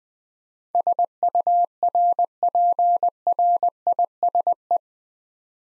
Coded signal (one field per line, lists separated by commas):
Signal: Morse code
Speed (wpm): 20 wpm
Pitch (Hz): 700 Hz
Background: none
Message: SURPRISE